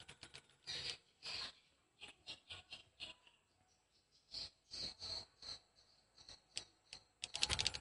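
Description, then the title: Swiftlet sounds: scattered clicks mixed with short buzzy chirps in irregular bursts, ending in a loud crackle. "Suara Burung Wallet"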